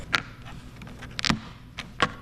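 A German-made knock-down furniture connector joins two panels of a cabinet or table build, clicking in at 0.2 seconds with a sharp, short hit. Further short taps and knocks follow near 0.8, 1.2, 1.3, 1.8 and 2.0 seconds. The connector is seated, good and tight.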